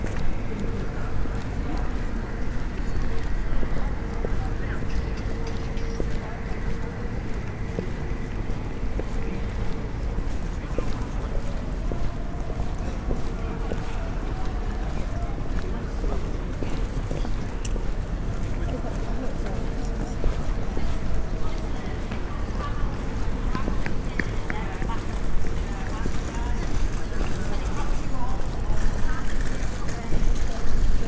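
A bustling crowd murmurs steadily on a city walk, with a constant low hum and occasional brief clicks of footsteps throughout.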